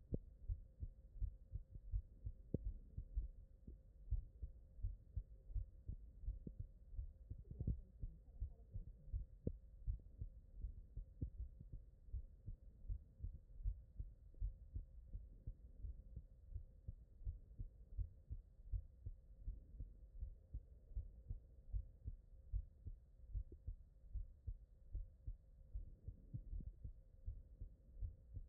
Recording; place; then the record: heart sounds by stethoscope; tricuspid valve (TV)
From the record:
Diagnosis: non-HFrEF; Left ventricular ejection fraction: 51%